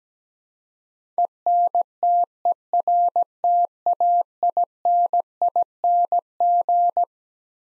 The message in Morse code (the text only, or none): ENTERTAINING